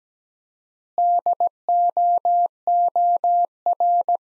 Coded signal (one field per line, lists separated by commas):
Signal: Morse code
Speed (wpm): 17 wpm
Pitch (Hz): 700 Hz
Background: none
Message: DOOR